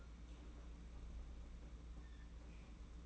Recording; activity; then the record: daily activity, microphone in the room; open fridge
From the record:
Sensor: 1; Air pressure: 991.8 hPa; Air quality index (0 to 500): 205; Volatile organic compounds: 1000 ppm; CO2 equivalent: 7937 ppm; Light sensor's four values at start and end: 28/98/37/38 and 28/98/37/38